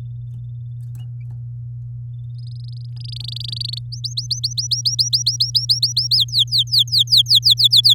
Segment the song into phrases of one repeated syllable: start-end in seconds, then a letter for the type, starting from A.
2.34-3.79 A, 3.92-6.16 B, 6.17-7.94 C